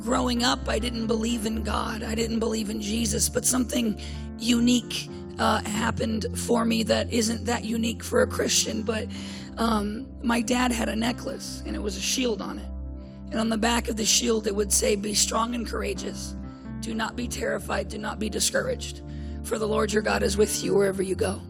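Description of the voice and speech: Adult male speaker with dysphonia from recurrent respiratory papillomatosis: HPV warts in the throat since childhood closed off his airway, and after 21 throat surgeries scar tissue is wrapped around his vocal cords, leaving a rough, husky voice that sounds unusually manly.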